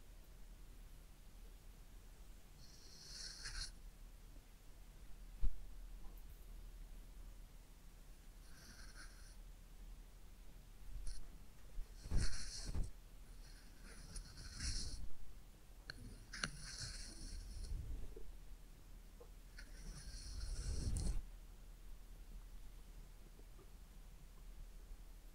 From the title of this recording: Real Head Massage and Ear Cleaning